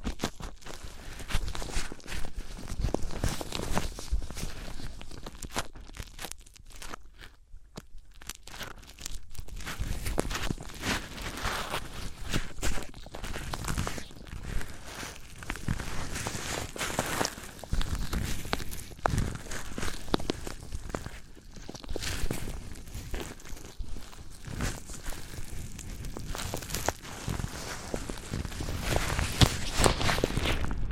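Materials scraped and rubbed against each other in dense, crunchy bursts throughout, with a brief quieter lull around seven seconds.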